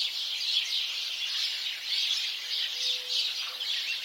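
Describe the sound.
House sparrow chatter from many birds, steady overlapping chirps rising and falling in loudness, with a brief low tone near the end.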